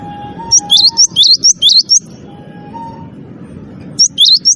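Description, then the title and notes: Bird song made of quick, upward-flicking chirps, about seven in a row, a pause, then three more; a faint lower tone sounds at times beneath. Bird with a melodious voice. "ND Burung. Nada Dering Burung Dengan Suara Merdu"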